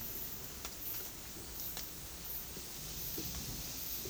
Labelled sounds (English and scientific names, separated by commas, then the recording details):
none
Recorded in dense forest near Puerto Asís, Putumayo, Colombia, on 19 February 2024 at 12:00
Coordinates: 0.499, -76.324
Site G6469